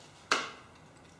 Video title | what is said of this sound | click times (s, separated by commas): SSD Kingston HyperX 240 GB Unboxing | lockt das Ganze. | 0.3 s